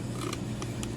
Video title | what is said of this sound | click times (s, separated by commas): Begin a smart living journey with JAYKAY and experience Grandekor's innovative smart shades | and then it hooks in down there and locks in place | 0.8 s